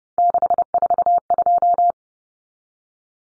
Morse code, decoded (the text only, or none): 642